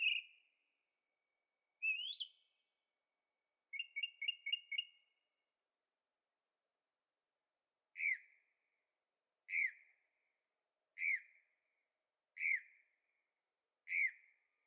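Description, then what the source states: Bird song: a rising whistled note, a rapid trill-like run of short notes, then five evenly spaced downslurred chirps. Singing at night in Carefree, Arizona; recorded in stereo on a Zoom H6.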